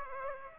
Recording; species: mosquito wingbeat signal from an infrared sensor; Aedes aegypti